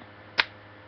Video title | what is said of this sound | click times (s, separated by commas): places to hide your things part 2 | it just clicks | 0.4 s